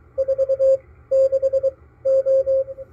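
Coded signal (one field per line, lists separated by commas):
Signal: Morse code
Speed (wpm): 23 wpm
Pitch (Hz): 540 Hz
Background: none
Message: 4 6 O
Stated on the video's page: KPH San Francisco coast station, received on a MALAHITEAM DSP-2 SDR receiver.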